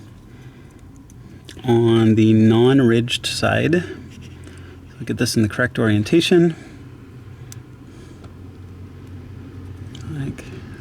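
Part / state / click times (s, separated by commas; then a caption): wire pin terminal into plastic connector housing / seated / 7.5 s. Someone talks while a wire pin terminal, lined up in the correct orientation, is pushed into a plastic connector housing during an Awron DGA Display System installation for a BMW F3X series car. A sharp, short click at 7.5 s marks the terminal snapping into place, and the terminal is seated. A low, steady hum sits underneath throughout.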